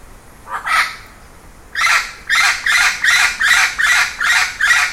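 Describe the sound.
Bird producing a double rasping call, a short pause, then a regular train of harsh squawks at about two and a half per second.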